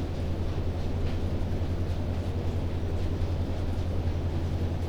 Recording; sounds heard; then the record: poultry house recording; no chicken sound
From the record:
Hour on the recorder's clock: 22